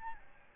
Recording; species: mosquito wingbeat signal from an infrared sensor; Aedes albopictus